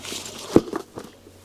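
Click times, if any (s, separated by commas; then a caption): none. A magnetic solar filter is handled near the front lens housing of a smart telescope. A few soft knocks and rubbing sounds come at about 0.6, 0.8 and 1.0 s over a faint hiss. Nothing has seated or clicked into place yet.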